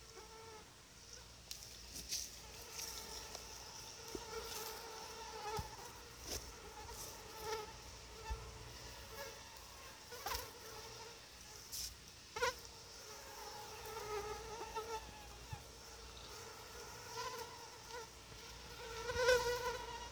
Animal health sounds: mosquito flight sound by mobile phone; Anopheles quadriannulatus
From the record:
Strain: SANQUA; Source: CDC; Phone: Sony Xperia

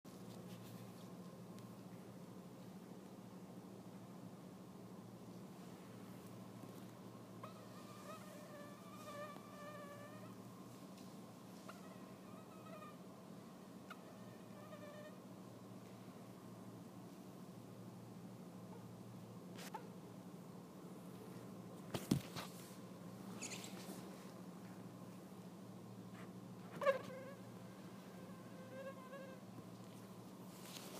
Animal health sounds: mosquito flight sound by mobile phone; Anopheles freeborni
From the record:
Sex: male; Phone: iPhone 6

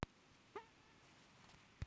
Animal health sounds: mosquito flight sound by mobile phone; Aedes sierrensis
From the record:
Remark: free flight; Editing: field recording with all noises

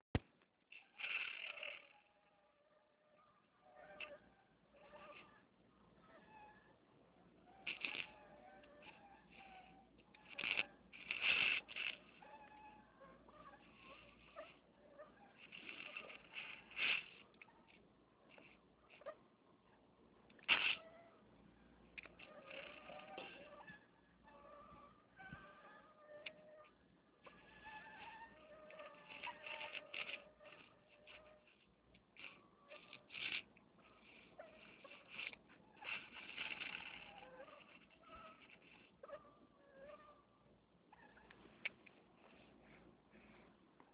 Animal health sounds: mosquito flight sound by mobile phone; Anopheles minimus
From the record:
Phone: Nokia 6555B

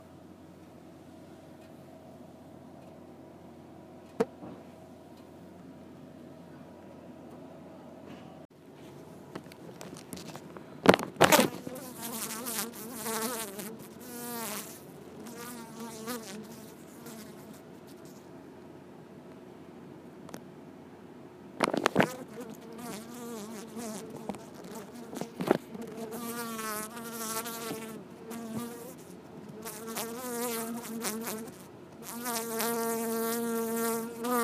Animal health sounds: mosquito flight sound by mobile phone; Culiseta incidens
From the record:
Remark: in a plastic bag, trying to fly

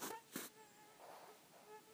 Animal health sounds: mosquito flight sound by mobile phone; Aedes sierrensis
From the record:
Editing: cut to the mosquito's sound

